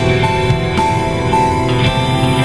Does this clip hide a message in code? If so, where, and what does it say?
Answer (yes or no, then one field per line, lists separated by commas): no